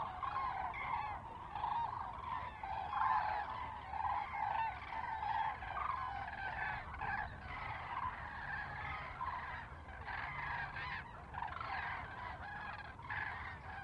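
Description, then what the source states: Common cranes calling almost continuously, a chorus of overlapping trumpeting and bugling notes from several birds, rising and falling in loudness. Several common cranes in a close fly-by at Lac du Der, France, on 10 January 2021.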